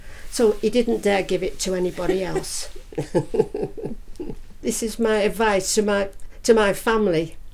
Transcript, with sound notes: so he didn't dare give it to anybody else. [Laughs] So I…this is my advice to my family.